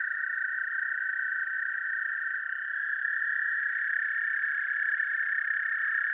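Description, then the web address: American toad trilling, long even trills blending into a steady drone. "Dan Gibson's Solitudes Frog Song. American Toad"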